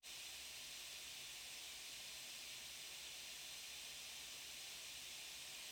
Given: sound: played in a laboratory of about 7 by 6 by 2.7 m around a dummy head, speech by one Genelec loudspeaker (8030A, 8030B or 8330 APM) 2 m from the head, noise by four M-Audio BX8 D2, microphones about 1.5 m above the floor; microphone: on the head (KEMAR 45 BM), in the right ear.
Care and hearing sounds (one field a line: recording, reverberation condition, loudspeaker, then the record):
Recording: white noise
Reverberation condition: low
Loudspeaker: four, about 170 cm from the corners of the room and facing them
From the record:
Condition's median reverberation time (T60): about 310 ms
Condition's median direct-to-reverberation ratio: about 3.5 dB